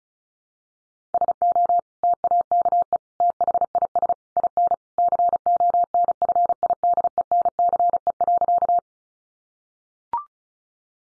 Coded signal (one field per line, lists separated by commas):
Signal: Morse code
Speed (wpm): 34 wpm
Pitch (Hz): 700 Hz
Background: none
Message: SO TAKE THIS IN CONFIDENCE.